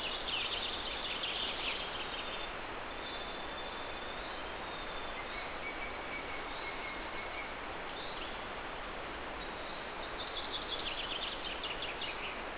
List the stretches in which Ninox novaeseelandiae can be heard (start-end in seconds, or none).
none